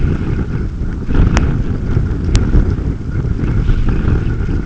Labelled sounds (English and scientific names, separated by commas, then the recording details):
none
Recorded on Arctic tundra, site UTQI-5, on 28 June 2018
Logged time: 00:00